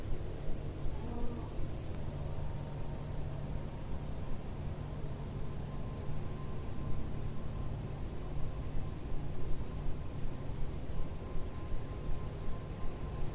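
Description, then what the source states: Cicada song, a constant shrill high buzz running the whole time, with low background rumble. Single cicada singing in early evening warmth in a village garden with lavender and myrtle bushes, Picardy, northern France.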